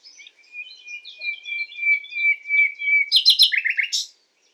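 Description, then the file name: Common nightingale singing: a long, steady whistled note under soft twitters, ending in loud, rapid repeated notes and quick descending trills before stopping abruptly. "Luscinia megarhynchos"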